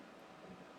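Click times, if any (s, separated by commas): none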